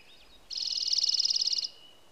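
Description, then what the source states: Dark-eyed junco singing one rapid, level, rattling trill of evenly spaced notes lasting just over a second, followed by a faint thin whistle. Alaska, United States; 24 May 2026.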